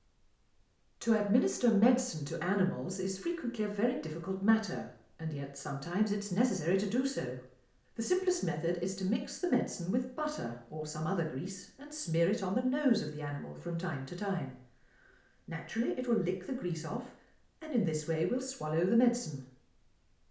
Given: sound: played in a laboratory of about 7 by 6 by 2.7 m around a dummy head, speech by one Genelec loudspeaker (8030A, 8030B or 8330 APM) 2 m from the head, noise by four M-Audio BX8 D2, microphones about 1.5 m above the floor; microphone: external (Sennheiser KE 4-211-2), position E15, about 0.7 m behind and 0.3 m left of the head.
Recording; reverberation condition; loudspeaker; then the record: female speech in English; medium; 90 degrees to the left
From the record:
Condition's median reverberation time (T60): about 510 ms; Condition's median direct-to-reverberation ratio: about -0.5 dB